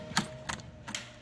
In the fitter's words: Once it goes through, you'll give it a turn until you hear it click.